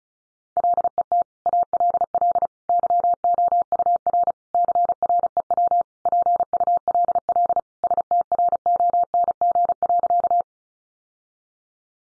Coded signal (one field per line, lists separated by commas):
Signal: Morse code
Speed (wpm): 34 wpm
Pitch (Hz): 700 Hz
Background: none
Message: LET ALL YOUR CREW PULL STRONG.